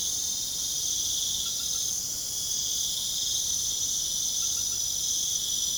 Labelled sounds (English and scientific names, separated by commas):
none